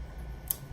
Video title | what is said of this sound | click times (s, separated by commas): BioTek MultiFlo Dispenser - MSU PHM/TOX Assay Development and Drug Repurposing Core | So when you're ready to use it, you push that down until it clicks, | 0.5 s